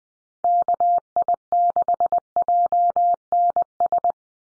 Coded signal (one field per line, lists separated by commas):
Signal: Morse code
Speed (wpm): 20 wpm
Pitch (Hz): 700 Hz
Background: none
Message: KI6JNS